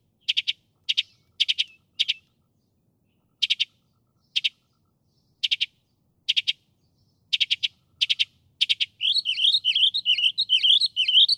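Northern mockingbird song of clustered clicking notes repeated in short bursts, switching near the end to a continuous rapid warble.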